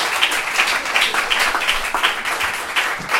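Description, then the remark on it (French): An audience applauds steadily, a dense wash of many hands clapping at an even, sustained level for several seconds with no voices standing out. “Donc, sous un tonnerre d'applaudissements, donc on remercie Borja, Anna et Jennifer de Lissabon.”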